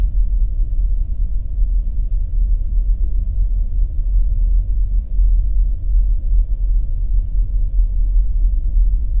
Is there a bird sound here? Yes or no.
no